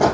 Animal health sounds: pig call; growing-finishing pig (85 days or more)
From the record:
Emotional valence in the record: positive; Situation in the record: run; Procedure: transit

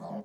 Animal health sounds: pig call; piglet (1 to 25 days)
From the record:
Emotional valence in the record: negative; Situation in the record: long isolation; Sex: male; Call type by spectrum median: low-frequency call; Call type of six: low-frequency modulated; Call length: 0.26 s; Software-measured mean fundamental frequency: 71 Hz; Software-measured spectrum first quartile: 205 Hz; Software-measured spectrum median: 422 Hz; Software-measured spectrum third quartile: 685 Hz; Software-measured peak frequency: 204 Hz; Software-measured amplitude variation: 140 dB a second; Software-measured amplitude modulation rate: 19.5 a second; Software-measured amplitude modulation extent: 7.2 dB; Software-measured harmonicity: 3.5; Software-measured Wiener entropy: -0.23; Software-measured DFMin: 908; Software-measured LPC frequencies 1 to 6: 663, 3177, 4341, 5240, 6477, 7847 Hz

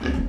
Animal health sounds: pig call; growing-finishing pig (85 days or more)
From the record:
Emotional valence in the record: negative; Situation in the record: barren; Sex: female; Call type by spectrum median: low-frequency call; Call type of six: low-frequency stable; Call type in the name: low-frequency stable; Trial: 3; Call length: 0.29 s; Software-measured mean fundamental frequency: 61 Hz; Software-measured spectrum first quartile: 91 Hz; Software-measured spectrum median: 247 Hz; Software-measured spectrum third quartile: 660 Hz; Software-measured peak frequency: 246 Hz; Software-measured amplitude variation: 144 dB a second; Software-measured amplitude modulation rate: 25.9 a second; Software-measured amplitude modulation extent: 5.5 dB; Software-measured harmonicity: -1.0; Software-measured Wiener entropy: -1.25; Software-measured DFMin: 698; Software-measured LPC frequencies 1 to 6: 1652, 2439, 2888, 3769, 4817, 5465 Hz

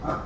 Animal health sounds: pig call; growing-finishing pig (85 days or more)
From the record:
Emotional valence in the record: positive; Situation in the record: run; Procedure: transit

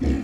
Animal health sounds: pig call; growing-finishing pig (85 days or more)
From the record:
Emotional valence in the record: negative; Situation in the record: barren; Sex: female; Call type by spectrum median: low-frequency call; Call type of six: low-frequency stable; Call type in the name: low-frequency stable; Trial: 2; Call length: 0.24 s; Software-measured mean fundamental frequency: 39 Hz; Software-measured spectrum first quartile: 79 Hz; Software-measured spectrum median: 197 Hz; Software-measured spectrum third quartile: 328 Hz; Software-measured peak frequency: 270 Hz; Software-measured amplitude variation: 125 dB a second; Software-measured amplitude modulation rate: 25.1 a second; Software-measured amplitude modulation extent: 5.0 dB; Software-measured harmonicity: 1.0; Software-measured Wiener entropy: -0.96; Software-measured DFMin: 670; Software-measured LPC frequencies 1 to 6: 302, 1881, 2439, 3215, 4248, 5251 Hz

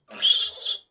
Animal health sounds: pig call; piglet (1 to 25 days)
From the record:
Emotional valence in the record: negative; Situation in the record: restrain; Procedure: back test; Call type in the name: high-frequency call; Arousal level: maximum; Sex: female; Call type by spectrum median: high-frequency call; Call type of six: mixed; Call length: 0.91 s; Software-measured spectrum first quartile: 3286 Hz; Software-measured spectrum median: 4865 Hz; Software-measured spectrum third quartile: 8365 Hz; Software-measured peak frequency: 3329 Hz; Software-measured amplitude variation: 207 dB a second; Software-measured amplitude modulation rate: 17.1 a second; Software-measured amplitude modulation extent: 12.2 dB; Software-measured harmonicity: 5.8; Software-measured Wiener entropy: -2.44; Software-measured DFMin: 912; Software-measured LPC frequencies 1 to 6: 1634, 3332, 5690, 6247, 7067, 9699 Hz

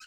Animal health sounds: pig call; piglet (1 to 25 days)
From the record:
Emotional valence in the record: positive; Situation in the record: reunion after long isolation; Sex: female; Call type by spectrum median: high-frequency call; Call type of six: low-frequency tonal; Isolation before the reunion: 8 minutes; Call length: 0.07 s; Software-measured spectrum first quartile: 1858 Hz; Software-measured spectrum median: 3205 Hz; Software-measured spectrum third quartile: 5462 Hz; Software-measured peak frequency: 1479 Hz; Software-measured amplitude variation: 31 dB a second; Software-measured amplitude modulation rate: 6.9 a second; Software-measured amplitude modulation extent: 4.5 dB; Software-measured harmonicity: 5.4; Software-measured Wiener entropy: -2.26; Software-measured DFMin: 907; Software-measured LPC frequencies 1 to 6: 1340, 1549, 2581, 3031, 4140, 4751 Hz

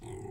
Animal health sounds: pig call; weaner (32 to 43 days)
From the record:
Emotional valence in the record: positive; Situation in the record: positive conditioning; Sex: female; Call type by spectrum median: low-frequency call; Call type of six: low-frequency stable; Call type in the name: low-frequency stable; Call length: 0.30 s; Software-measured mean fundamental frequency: 51 Hz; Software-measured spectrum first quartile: 188 Hz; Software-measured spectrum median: 387 Hz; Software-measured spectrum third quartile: 1141 Hz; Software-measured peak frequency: 377 Hz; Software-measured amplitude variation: 132 dB a second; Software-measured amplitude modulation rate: 29.5 a second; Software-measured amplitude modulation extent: 4.5 dB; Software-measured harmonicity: 3.8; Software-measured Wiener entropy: -1.12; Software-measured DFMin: 574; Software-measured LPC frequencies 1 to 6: 367, 836, 2033, 2555, 3391, 4854 Hz

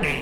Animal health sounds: pig call; piglet (1 to 25 days)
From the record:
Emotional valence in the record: negative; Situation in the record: crushing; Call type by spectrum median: low-frequency call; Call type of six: low-frequency tonal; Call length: 0.22 s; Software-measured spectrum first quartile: 314 Hz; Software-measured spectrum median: 1351 Hz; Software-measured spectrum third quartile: 2422 Hz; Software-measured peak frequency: 170 Hz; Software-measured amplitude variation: 67 dB a second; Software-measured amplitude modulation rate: 25.2 a second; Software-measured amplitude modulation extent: 2.6 dB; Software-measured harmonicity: 3.2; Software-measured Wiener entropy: -1.29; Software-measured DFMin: 1698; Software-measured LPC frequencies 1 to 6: 477, 2432, 5486, 6302, 7534, 9011 Hz

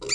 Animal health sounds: pig call; weaner (32 to 43 days)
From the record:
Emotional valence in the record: negative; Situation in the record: novel object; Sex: female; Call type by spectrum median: high-frequency call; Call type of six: mixed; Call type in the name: high-frequency modulated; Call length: 0.14 s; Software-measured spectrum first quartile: 1585 Hz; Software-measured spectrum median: 4466 Hz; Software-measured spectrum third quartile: 5779 Hz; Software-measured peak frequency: 4773 Hz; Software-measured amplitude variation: 116 dB a second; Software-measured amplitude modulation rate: 13.9 a second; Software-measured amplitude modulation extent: 8.4 dB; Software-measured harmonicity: 7.5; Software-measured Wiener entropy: -3.27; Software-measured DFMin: 1052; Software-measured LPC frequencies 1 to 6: 434, 1350, 2317, 3751, 4738, 5637 Hz

